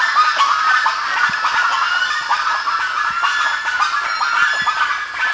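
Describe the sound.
Bird calls in a dense chattering chorus, many harsh overlapping notes with no pause throughout.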